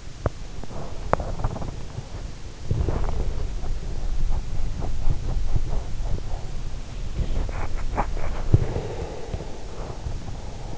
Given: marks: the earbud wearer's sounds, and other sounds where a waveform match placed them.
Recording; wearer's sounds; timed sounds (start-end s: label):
sounds in sleep by an in-ear microphone; teeth grinding, body movement, breath
0.00-1.66 s: teeth grinding
2.56-10.38 s: body movement
2.64-3.81 s: breath
8.73-10.78 s: breath